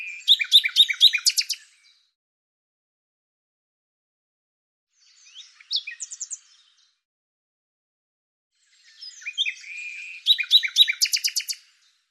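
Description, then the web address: Bird song in three bursts of rapid, chattering notes: a loud opening phrase, a short fragment in the middle, and a final dense trill. "Deverinetal 2025"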